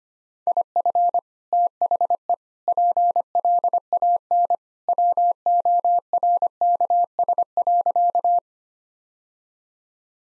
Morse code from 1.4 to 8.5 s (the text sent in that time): THE PLAN WORKS.